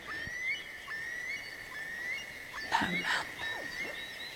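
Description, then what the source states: Eurasian curlew calling with several short rising whistled slurs over a steady high tone, with a brief burst of noise midway. Heard at dawn on Stormyran, an open mire in the Vithattsmyrarna nature reserve near Missenträsk, Västerbotten, Sweden; the curlew has just woken up.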